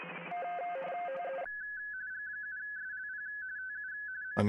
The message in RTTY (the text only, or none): G7SLP TU M